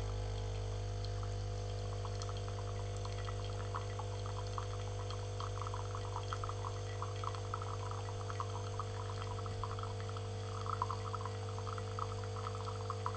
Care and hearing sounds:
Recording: daily activity, microphone in the room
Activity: make coffee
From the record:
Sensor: 4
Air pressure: 1010.2 hPa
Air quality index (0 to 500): 180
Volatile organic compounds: 5 ppm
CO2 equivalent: 1828 ppm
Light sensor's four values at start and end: 25/73/29/29 and 28/82/32/32

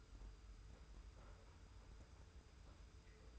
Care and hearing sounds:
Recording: daily activity, microphone in the room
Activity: take from stove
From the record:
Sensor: 2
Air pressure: 990.8 hPa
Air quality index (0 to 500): 109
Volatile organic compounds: 47 ppm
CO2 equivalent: 3252 ppm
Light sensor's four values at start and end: 35/103/40/39 and 35/103/40/39

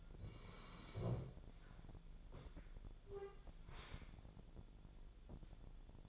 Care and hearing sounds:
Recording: daily activity, microphone in the room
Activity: sit down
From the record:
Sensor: 5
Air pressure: 1000.5 hPa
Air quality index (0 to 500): 150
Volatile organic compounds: 2 ppm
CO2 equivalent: 1156 ppm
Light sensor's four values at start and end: 47/110/46/49 and 47/111/46/49

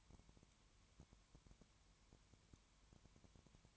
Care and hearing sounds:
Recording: daily activity, microphone in the room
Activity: no activity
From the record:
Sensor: 3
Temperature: 20.1 degrees Celsius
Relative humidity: 31.4%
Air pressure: 1001.3 hPa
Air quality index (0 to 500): 75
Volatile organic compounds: 1 ppm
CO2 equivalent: 700 ppm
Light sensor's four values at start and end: 2/3/2/2 and 2/3/2/2

